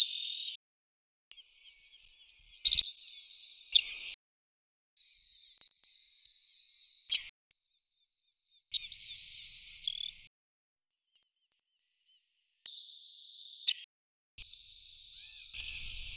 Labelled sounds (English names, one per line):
Savannah Sparrow song